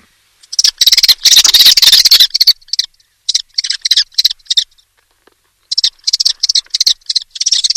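Common Kestrel giving loud, rough, rapidly repeated notes in uneven bursts separated by short gaps.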